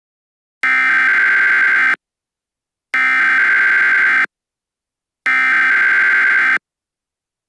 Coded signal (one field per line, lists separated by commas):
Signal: Emergency Alert System (SAME) tones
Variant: header bursts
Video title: (OLD) EAS (Mini) scenario: I'm cold...